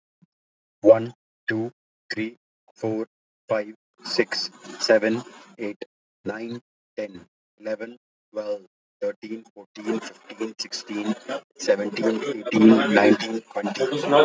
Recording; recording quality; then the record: counting at a normal pace; moderate, slight background noise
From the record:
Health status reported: healthy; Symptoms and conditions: none ticked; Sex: male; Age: 25 years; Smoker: not ticked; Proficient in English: yes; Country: India